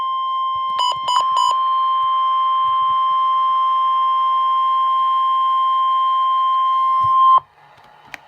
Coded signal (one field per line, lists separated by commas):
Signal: Emergency Alert System (SAME) tones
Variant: 1050 Hz attention tone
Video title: Severe thunderstorm warning (EAS #41)